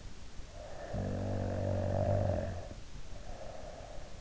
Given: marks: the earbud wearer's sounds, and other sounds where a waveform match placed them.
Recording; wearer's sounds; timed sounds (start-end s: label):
sounds in sleep by an in-ear microphone; snoring breath
0.36-4.14 s: snoring breath